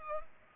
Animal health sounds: mosquito wingbeat signal from an infrared sensor; Culex pipiens

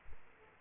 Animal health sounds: mosquito wingbeat signal from an infrared sensor; Aedes aegypti

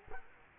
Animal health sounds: mosquito wingbeat signal from an infrared sensor; Culex quinquefasciatus

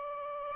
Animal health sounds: mosquito wingbeat signal from an infrared sensor; Aedes aegypti

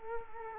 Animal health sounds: mosquito wingbeat signal from an infrared sensor; Culex quinquefasciatus

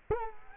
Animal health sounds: mosquito wingbeat signal from an infrared sensor; Culex quinquefasciatus

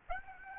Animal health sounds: mosquito wingbeat signal from an infrared sensor; Aedes aegypti

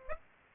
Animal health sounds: mosquito wingbeat signal from an infrared sensor; Aedes aegypti

